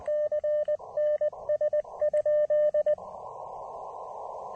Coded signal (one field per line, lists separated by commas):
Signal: Morse code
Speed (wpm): 20 wpm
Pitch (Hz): 590 Hz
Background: radio noise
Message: CNS?